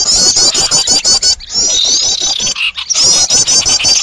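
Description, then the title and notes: Birds in a busy chorus of quick, shrill chirps and trills, pausing briefly twice before the chatter resumes. Noisy bird chorus used as a lure to attract birds. "Master Burung Ribut. Burung Ribut Pikat"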